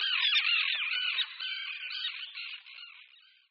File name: Rybák-obecný